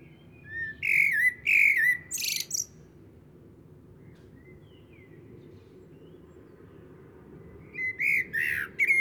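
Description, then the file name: Eurasian blackbird song: a fluted warbling phrase near the start ending in a thin, high squeaky flourish, then a quiet gap before another phrase begins; faint low background rumble. "Turdus merula"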